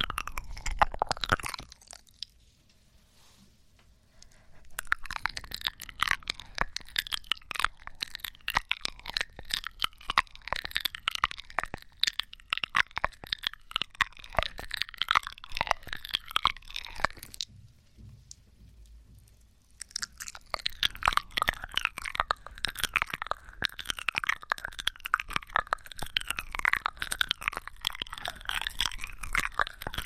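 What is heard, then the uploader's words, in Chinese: Wet mouth sounds and pecking kisses against the ear come in dense bursts, pausing near 2–5 and 17–20 seconds. 啵啵bobo&嘴巴啄耳&口腔音。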